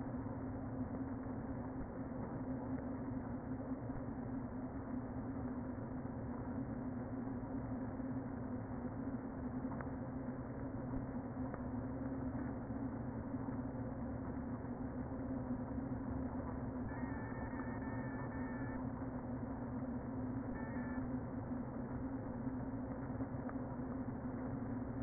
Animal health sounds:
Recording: honeybee colony, microphone inside the hive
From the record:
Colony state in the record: queen present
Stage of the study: before two queens were removed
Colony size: about 60,000 bees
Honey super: yes

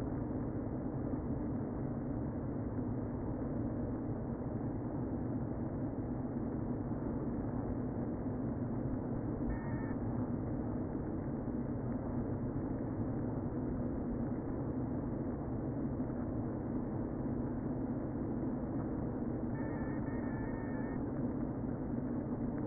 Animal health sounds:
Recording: honeybee colony, microphone inside the hive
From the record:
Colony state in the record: queen present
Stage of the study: before two queens were removed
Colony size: about 60,000 bees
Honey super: yes

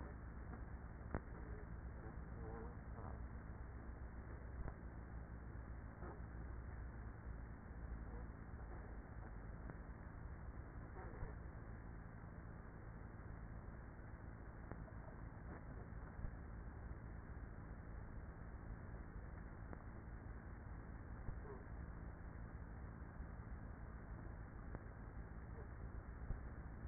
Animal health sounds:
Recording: honeybee colony, microphone inside the hive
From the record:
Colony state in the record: queenless with a low population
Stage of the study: after two queens were removed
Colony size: about 30,000 bees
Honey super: no

